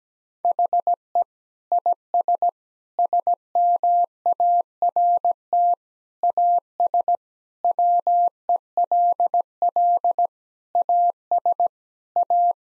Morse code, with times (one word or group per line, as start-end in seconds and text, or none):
0.5-1.2 HE
1.7-2.5 IS
3.0-5.7 SMART
6.2-7.2 AS
7.6-10.3 WELL
10.8-11.7 AS
12.2-12.5 A